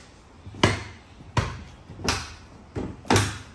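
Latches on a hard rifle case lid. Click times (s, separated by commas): 0.6 s, 1.4 s, 3.1 s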